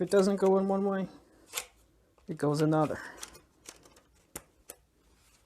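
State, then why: Seated. Someone talks while a plastic smart card reader tray is flipped to the correct orientation and pushed into the chassis of a Dell Latitude E6430 laptop being refurbished. Light handling clicks lead up to a sharp click at 4.4 s as the tray seats, followed by a softer tick at 4.7 s.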